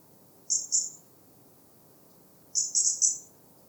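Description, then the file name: European robin with two high, piercing short notes, then after a gap of about one and a half seconds a run of three more, over soft low background noise. "Erithacus rubecula"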